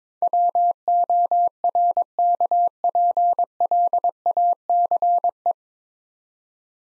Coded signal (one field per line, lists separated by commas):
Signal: Morse code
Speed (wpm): 22 wpm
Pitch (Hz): 700 Hz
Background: none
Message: WORKPLACE